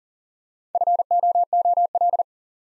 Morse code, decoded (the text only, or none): FOOL